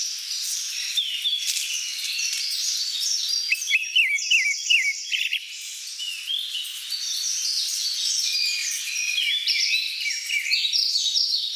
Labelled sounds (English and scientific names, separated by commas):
Grey-backed Thrush (Turdus hortulorum) song